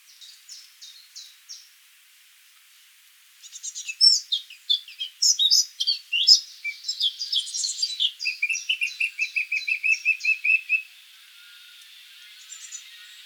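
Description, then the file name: Eurasian blackcap: a few soft repeated notes, a short quiet gap, then a loud varied warble ending in a rapid trill and a faint closing note. "Sylvia atricapilla"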